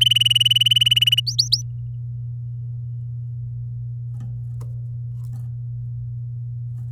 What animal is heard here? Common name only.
Domestic Canary